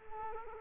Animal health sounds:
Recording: mosquito wingbeat signal from an infrared sensor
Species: Culex quinquefasciatus

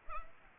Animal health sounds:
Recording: mosquito wingbeat signal from an infrared sensor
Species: Culex pipiens

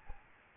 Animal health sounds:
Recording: mosquito wingbeat signal from an infrared sensor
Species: Aedes albopictus

